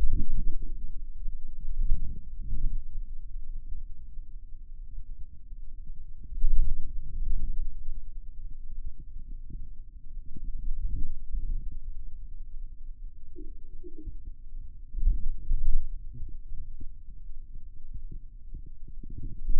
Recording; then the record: forearm muscle sounds (acoustic myography)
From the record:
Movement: radial deviation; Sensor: system 2, bracelet of six BSWA MPA416 microphones around the upper forearm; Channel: 4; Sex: male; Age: 22 years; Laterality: right